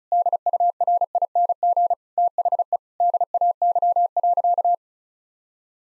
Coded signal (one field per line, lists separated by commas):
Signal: Morse code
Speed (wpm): 36 wpm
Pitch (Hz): 700 Hz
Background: none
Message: DURING THE DAY.